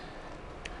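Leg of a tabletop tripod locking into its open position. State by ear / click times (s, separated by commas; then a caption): seated / 0.7 s. A leg of a small Sirui tabletop tripod is pulled down until it locks into its open position. Over a steady low background hiss, a short, sharp click sounds at 0.7 s as the leg seats in place.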